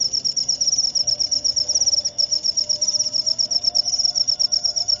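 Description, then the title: Cricket trill: a piercing, fast-pulsing high buzz, unbroken throughout, with soft low rumbling noise beneath. Loud cricket chirping (ngerik), played to make lovebirds sing continuously (ngekek). "Suara JANGKRIK NGERIK Keras Bikin LOVEBIRD Jadi NGEKEK Terus Vubey"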